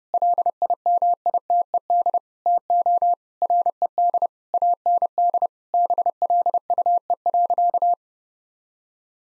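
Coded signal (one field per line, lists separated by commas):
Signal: Morse code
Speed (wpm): 30 wpm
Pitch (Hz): 700 Hz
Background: none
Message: LIMITED TO RED AND BLUE.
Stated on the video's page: Morse code sentence-copying practice at 30 wpm built on common six-word phrases, sent once, then spoken, then sent again.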